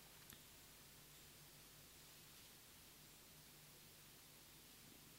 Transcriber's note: none